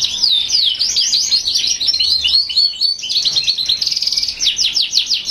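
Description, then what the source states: Canary song opening with looping whistled notes, then breaking into a quick, even, rattling trill. Song of a northern frilled canary ('canário ondulado do norte').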